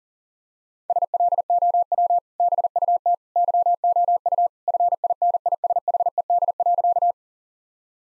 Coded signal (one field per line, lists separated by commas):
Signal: Morse code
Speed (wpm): 40 wpm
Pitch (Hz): 700 Hz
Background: none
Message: SLOW BUT YOU FINISHED.